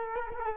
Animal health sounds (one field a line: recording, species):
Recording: mosquito wingbeat signal from an infrared sensor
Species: Culex quinquefasciatus